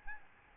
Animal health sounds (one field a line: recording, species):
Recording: mosquito wingbeat signal from an infrared sensor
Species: Aedes albopictus